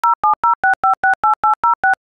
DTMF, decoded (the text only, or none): 0706568806